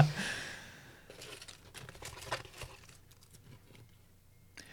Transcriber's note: paper rusting sounds